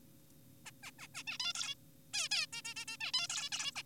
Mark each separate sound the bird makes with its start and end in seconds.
0.66-0.71, 0.83-0.91, 0.99-1.08, 1.15-1.23, 1.27-1.38, 1.40-1.53, 1.55-1.75, 2.14-2.29, 2.32-2.46, 2.53-2.62, 2.65-2.74, 2.76-2.85, 2.88-2.97, 3.01-3.12, 3.14-3.28, 3.30-3.49, 3.52-3.72, 3.76-3.82